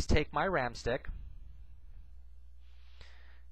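The first RAM stick for a Toshiba Portege R705 laptop is handled and its notch lined up with the key in the laptop's SO-DIMM memory slot, before insertion. Someone talks for the first second, then there is quiet handling noise with a brief faint tick at 3.0 s. Nothing has been slid in or clicked home yet.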